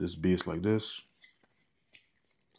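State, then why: Not seated. A plastic extension nozzle tip is handled against a vacuum base as someone talks. Faint, quiet handling sounds follow, with small sharp ticks around 2.2 s and 2.6 s. Nothing has seated or clicked yet, and the nozzle is not yet home.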